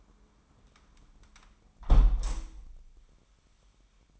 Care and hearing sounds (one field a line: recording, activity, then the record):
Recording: daily activity, microphone in the room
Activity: close window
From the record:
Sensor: 1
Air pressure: 998.6 hPa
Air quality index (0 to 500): 140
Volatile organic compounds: 4 ppm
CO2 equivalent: 1680 ppm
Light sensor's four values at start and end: 11/27/11/13 and 11/26/11/13